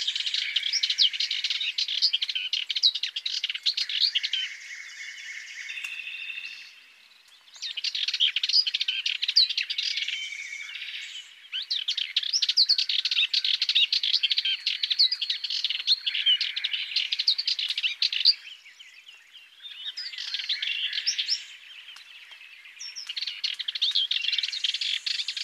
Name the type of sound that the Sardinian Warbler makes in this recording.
song